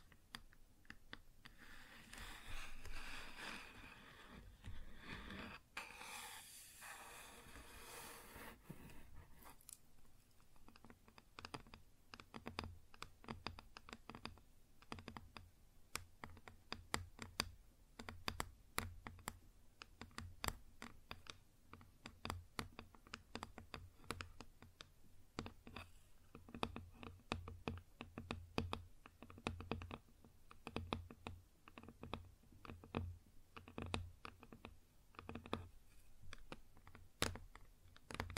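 Fingers tap and scratch on a wooden surface. The first ten seconds hold a dense, bright scratching that swells around the six-second mark, then give way to quick, irregular taps that keep going to the end.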